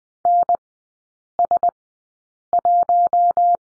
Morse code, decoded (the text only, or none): NS1